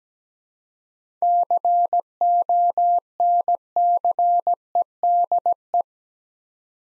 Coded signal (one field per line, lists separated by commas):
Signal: Morse code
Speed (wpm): 17 wpm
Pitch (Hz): 700 Hz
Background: none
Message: CONCEDE